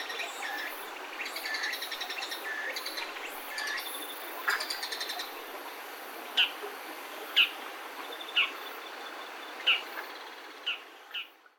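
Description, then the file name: Bull-headed shrike high calls: sharp, single notes spaced about a second apart in the latter half, over a constant hiss of background noise. Two birds giving high-pitched calls (takanaki), near a railway bridge in Saitama City, recorded 22 September 2019. "20190922 さいたま市 芝川鉄橋付近 モズ 2 羽高鳴き"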